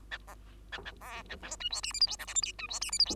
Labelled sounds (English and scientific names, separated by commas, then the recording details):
Bengalese Finch (Lonchura striata domestica) song
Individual Bird2